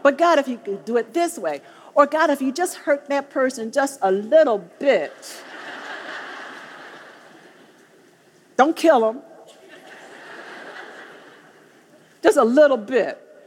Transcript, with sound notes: “But, God, if You did it this way, or, God, if You just hurt that person just a little bit... (laughter) don't kill him... just a little bit.”